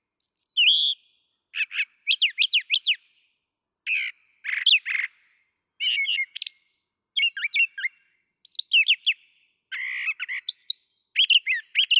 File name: Brown Thrasher